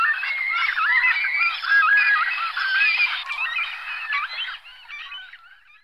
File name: ibis falcinelle